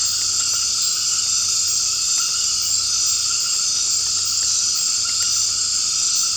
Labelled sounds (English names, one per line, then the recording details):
none
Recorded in secondary vegetation near Puerto Asís, Putumayo, Colombia, on 24 March 2025 at 19:30
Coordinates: 0.502, -76.326
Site G100